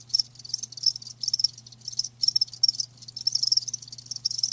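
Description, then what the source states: Cricket song of shrill, pulsing chirps in quick clusters with short silent breaks, over a quiet low hum. Live crickets chirping with a lulling song.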